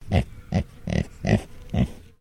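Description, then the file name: Pig (Tamworth): five deep, rough grunts in steady succession, each short and husky. Tamworth breed pig; a sequence of grunts. "ANIMAL PIG TAMWORTH HAMISH GRUNT SEQUENCE"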